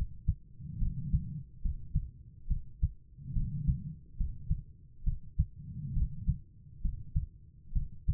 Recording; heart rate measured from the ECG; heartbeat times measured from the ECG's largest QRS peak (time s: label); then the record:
heart sounds by stethoscope; 69 bpm
0.78 s: heartbeat
1.61 s: heartbeat
2.47 s: heartbeat
3.32 s: heartbeat
4.16 s: heartbeat
5.03 s: heartbeat
5.93 s: heartbeat
6.81 s: heartbeat
7.72 s: heartbeat
From the record:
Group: healthy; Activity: rest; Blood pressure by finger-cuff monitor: 100/74 mmHg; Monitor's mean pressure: 83 mmHg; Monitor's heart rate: 70 bpm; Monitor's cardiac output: 5 L/min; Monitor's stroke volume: 72 mL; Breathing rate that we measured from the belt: 24 breaths a minute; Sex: female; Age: 32 years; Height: 172 cm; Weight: 71.7 kg